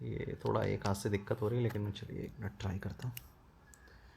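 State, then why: Partly seated. Someone talks while working one-handed to press the top cap and its rubber piece back into a motorcycle carburetor, and a short click is heard at 3.7 seconds. The cap ends up only partly seated, looking a little raised and not fully in because the soft upper rubber piece is worn.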